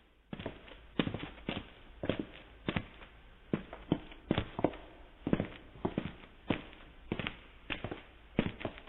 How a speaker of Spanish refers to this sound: Entonces llegó hasta mí el sonido de muchos pies que caminaban, muriéndose en algún pasaje que enviaba un eco retumbante.